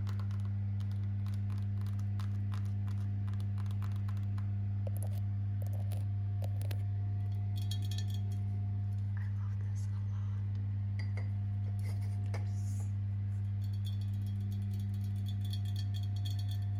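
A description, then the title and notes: Light tapping and scratching on a lens, heard as quick clicks and brief scrapes scattered throughout, with busier clusters around five to seven seconds and again near twelve seconds. A steady low electrical hum runs underneath. Lens Tapping, Scratching.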